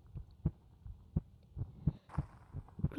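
Soft, regular paired thumps, a lub-dub pattern at roughly 85 beats a minute, with a faint hum underneath. This is an adult woman's heartbeat, heard with the ear held close against her chest in a roleplay.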